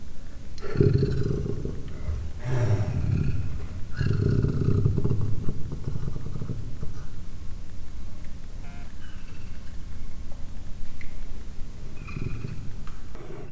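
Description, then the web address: Leopard giving short, deep rasping growls early on, three strong bursts in the first five seconds, then quieter low rumbling and a few faint growls. Three-month-old leopard cub growling, captive at Miskolc Zoo, 2009, recorded from a few centimetres away. "miskolcizoo 2009 standardt leopard"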